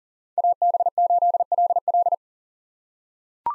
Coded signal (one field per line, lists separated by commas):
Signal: Morse code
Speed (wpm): 40 wpm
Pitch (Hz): 700 Hz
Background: none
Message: AB8LL